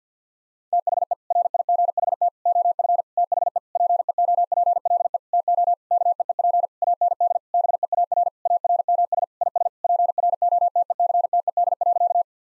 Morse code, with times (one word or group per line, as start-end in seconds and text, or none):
0.7-1.1 THE
1.3-2.3 RIGHT
2.5-3.0 OF
3.2-3.6 THE
3.8-5.2 PEOPLE
5.3-5.7 TO
5.9-6.7 KEEP
6.8-7.4 AND
7.5-8.3 BEAR
8.5-9.2 ARMS
9.4-9.7 IS
9.8-12.2 PROTECTED.